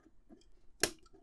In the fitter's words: partir de l'étape précédente, nous avons toujours ces capuchons que nous devons mettre sur le dessus, ils se clipsent